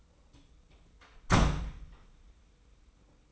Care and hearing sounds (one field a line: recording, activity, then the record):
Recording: daily activity, microphone in the room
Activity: close door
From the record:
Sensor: 1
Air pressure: 990.4 hPa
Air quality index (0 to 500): 155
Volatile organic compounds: 1000 ppm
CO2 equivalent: 5628 ppm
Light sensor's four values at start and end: 33/75/32/35 and 33/75/33/35